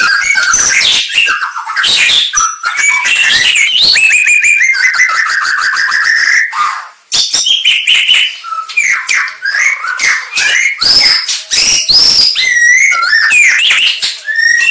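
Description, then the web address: White-rumped shama song, a loud continuous stream of rich whistles, rapid trills and harsh buzzy notes, varied phrases running almost without pause, with one brief break midway. Aceh variety of white-rumped shama. "murai-batu suara-murai-aceh"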